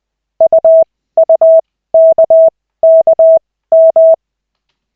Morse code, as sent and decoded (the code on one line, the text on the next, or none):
..- ..- -.- -.- --
UUKKM